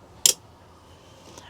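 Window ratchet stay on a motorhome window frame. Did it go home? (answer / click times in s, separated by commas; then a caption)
yes / 0.3 s. A hinged motorhome window is pushed outward, and its ratchet stay on the window frame gives a sharp, bright click at 0.3 s as it seats into a position. A much fainter tick follows around 1.4 s against a quiet background.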